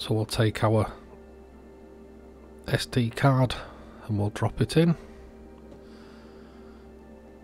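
An SD card is handled and lined up at the card slot of a JOYALENS JL249MS 3-lens digital microscope, oriented the right way round because it only goes in one way, before being pushed home. Someone talks in bursts over a steady low tonal background. Nothing has seated or clicked yet.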